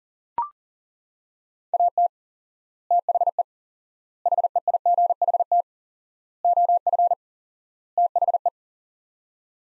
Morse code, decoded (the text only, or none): AT THE HEIGHT OF THE